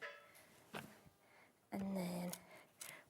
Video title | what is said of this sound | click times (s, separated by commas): 17/08/2026 HobbyMaker Live - Sizzix, Sweet Poppy Stencils, Dreamees & Crafty As A Fox | and then spin it around. Wait till it clicks. | 0.8 s